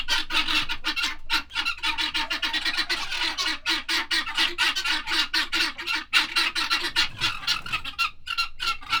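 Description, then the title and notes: Guineafowl giving rapid harsh rattling cackles, about four per second, many birds overlapping in a noisy, grating chorus. Agitated domestic guineafowl at Monsieur Friard's farm, Groslée-Saint-Benoit, France, in the morning; recorded in ORTF stereo with Sennheiser MKH8040 and SD MixPre 6. "Ferme de Monsieur Friard - Groslée-Saint-Benoit, France - Pintades vénères. Monsieur Friard m'invite à rencontrer ses pintades -celles-là même qui avait attiré mon attention à un bon kilomètre de là en arrivant. l’Observatoire PhoNographique Sensible du Rhône"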